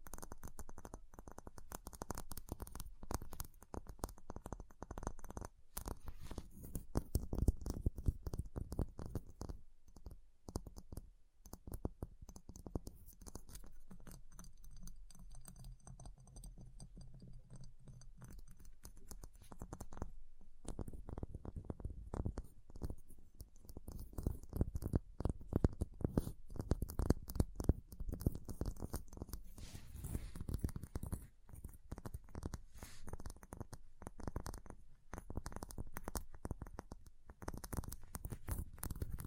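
Ice being tapped, scratched and carved, heard as dense runs of short clicks and scrapes that continue almost without pause through the whole clip. The sounds are mostly low and dull, with brief quieter gaps around 11 and 20 seconds.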